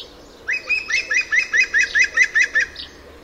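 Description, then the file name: European green woodpecker giving a laughing series of about ten ringing notes, evenly paced. "Dzięcioł zielony"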